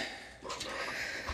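A plastic tab on a transforming Transformers Legacy Motormaster robot figure is handled toward its slot, producing soft plastic rustling and faint breathy scraping over steady low noise. The tab has not yet seated, and nothing has clicked by the end of the clip.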